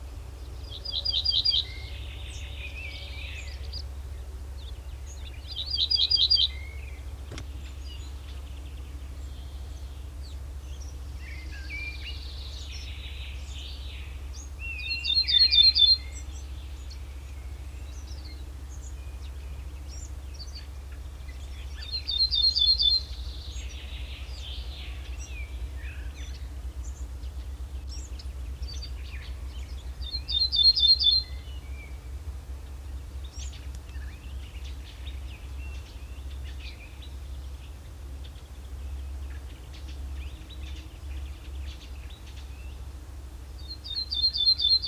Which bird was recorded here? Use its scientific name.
Emberiza hortulana